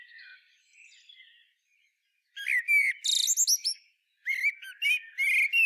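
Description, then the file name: Common blackbird song: a soft warbling opening, a pause, then two loud bursts of fluty whistles and high squeaky twitters. "Turdus merula"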